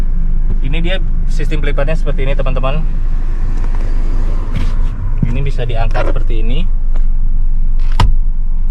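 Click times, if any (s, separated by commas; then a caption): 8.0 s. The rear seat cushion of a 2013 Honda Jazz RS hatchback is flipped up to stand upright while someone talks, with a steady low hum underneath. A sharp latch click at 8.0 seconds marks the cushion locking into its raised upright position.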